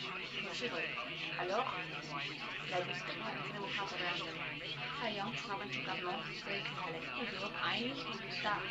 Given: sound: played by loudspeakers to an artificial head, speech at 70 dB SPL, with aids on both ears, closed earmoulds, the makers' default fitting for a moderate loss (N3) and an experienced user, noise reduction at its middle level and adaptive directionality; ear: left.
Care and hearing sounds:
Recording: speech test signal (ISTS) in cocktail-party noise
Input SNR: 0 dB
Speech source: on the right (90 degrees)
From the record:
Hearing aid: class 1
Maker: F

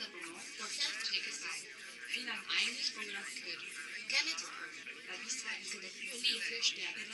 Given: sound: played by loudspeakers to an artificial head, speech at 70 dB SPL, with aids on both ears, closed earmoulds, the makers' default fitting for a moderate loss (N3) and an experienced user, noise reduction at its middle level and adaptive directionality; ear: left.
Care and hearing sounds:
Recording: speech test signal (ISTS) in cocktail-party noise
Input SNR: 0 dB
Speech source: on the right (90 degrees)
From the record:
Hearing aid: class 2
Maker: H

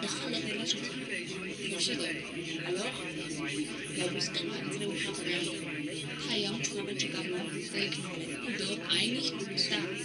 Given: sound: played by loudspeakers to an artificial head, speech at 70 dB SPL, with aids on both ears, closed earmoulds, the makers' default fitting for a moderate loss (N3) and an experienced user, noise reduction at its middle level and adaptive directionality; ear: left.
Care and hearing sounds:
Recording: speech test signal (ISTS) in cocktail-party noise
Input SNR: -3 dB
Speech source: on the right (90 degrees)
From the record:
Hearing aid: class 2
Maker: B

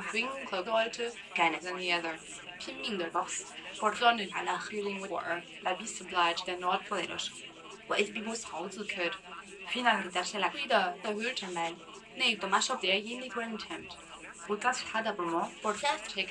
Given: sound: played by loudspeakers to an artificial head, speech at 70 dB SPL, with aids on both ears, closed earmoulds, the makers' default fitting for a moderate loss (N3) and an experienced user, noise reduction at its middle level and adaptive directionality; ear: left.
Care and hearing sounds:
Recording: speech test signal (ISTS) in cocktail-party noise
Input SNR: +9 dB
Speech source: on the right (90 degrees)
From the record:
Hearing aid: class 2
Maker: E

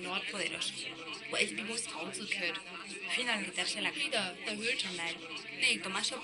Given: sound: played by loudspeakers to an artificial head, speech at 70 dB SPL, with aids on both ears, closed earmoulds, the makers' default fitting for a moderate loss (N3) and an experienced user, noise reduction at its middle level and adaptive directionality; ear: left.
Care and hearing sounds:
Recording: speech test signal (ISTS) in cocktail-party noise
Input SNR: 0 dB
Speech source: in front (0 degrees)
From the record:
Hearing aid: class 2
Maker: C

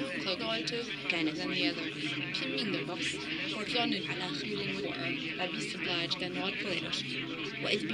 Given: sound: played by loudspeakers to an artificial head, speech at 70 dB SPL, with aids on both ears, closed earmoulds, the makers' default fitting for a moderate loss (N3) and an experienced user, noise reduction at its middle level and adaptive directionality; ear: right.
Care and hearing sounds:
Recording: speech test signal (ISTS) in cocktail-party noise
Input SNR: -3 dB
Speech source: on the right (90 degrees)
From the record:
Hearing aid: class 2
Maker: D

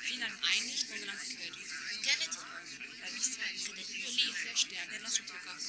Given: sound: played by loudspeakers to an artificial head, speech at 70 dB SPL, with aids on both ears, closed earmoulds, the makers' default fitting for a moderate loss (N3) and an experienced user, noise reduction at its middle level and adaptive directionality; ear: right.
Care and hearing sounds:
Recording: speech test signal (ISTS) in cocktail-party noise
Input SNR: -6 dB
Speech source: in front (0 degrees)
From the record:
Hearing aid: class 1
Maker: J

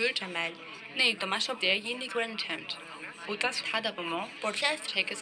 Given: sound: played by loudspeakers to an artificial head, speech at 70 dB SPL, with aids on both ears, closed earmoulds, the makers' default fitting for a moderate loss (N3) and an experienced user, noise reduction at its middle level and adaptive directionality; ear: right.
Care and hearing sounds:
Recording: speech test signal (ISTS) in cocktail-party noise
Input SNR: +6 dB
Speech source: on the right (90 degrees)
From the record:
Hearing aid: class 2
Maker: I

